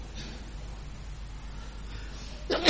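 A low, steady hum holds for a few seconds before one sudden, loud sneeze bursts out at the very end.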